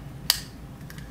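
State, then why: Seated. The plastic strap end piece of an adjustable child safety lock is pushed back onto the lock housing and seats with one sharp, bright snap at 0.3 s. Fainter ticks follow around 0.9 s. The strap piece is locked back in place.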